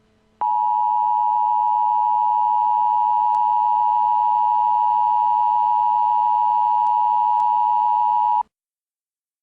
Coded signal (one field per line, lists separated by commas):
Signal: Emergency Alert System (SAME) tones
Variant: 853 and 960 Hz attention tone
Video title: Emergency Alert System: Invasion of the United States